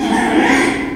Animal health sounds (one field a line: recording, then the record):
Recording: squeal of a Yucatan mini pig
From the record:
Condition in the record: after surgery on the right vocal fold (resection and tissue-engineered implant)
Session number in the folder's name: 4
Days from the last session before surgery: 42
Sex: male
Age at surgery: 12 weeks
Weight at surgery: 13 kg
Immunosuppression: cyclosporine, prednisolone